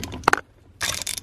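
A valve spring compressor is slowly released on a cylinder head so the two small steel valve keepers (collets) drop into the valve spring retainer around the valve stem. A sharp metallic hit at 0.3 s marks the keepers seating, followed by a quieter stretch and then a burst of broadband mechanical rattling from about 0.8 s. The keepers are seated.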